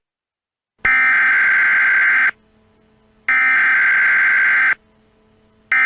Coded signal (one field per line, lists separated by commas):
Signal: Emergency Alert System (SAME) tones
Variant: header bursts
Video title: AW336 ARCHIVES | EAS Scenario - Golden Gate Bridge Collapse (REMASTERED) (2019)